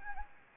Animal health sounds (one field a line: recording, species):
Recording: mosquito wingbeat signal from an infrared sensor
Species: Anopheles gambiae